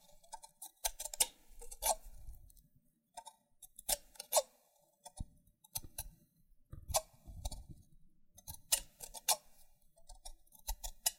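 Loofah being peeled and popped, with sharp bright snaps and crackles arriving in irregular clusters every second or so. Between bursts come softer rustling scratches and low rubbing thuds, with brief near-silent gaps that leave the sharp pops standing out clearly.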